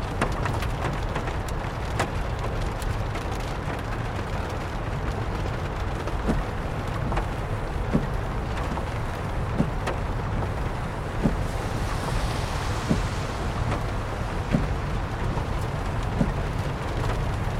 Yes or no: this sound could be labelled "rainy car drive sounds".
yes